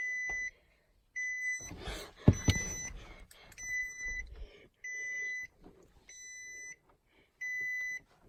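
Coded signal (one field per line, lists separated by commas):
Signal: beep code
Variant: Nissan vehicle warning beep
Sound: about six steady high beeps of uneven length, with thumps and rattles between them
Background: car interior, knocking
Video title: Funny beeping noise on a 2017 Nissan Armada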